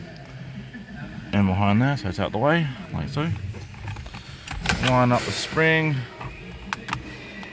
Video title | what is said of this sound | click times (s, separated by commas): Hyundai i30 Airbag and Clock spring Install | do a nice click, there, click, get | 6.7 s, 6.9 s